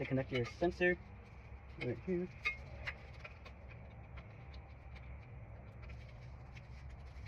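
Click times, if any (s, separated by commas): 3.2 s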